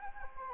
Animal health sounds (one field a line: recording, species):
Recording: mosquito wingbeat signal from an infrared sensor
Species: Anopheles gambiae